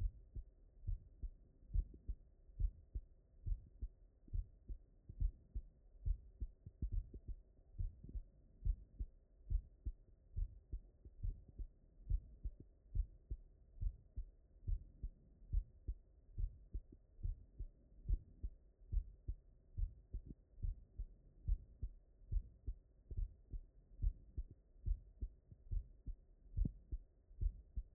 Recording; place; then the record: heart sounds by stethoscope; mitral valve (MV)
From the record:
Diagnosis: non-HFrEF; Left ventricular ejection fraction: 74%